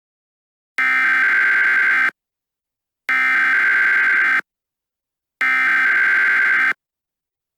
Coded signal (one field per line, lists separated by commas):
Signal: Emergency Alert System (SAME) tones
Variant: header bursts